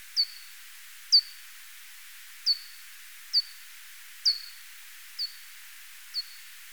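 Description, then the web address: Japanese pipistrelle echolocation pulses: seven brief downward-sweeping chirps with short level tails, roughly one per second, some slightly louder, against faint constant hiss. "Pipistrellus abramus"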